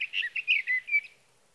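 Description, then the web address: Sage thrasher song, a quick run of several warbled whistled notes, then silence. "birdsongforthecurious Sage Thrasher"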